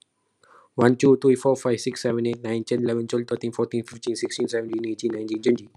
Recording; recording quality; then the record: counting at a fast pace; excellent, no background noise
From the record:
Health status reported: healthy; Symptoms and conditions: none ticked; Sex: male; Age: 19 years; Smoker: not ticked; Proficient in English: yes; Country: India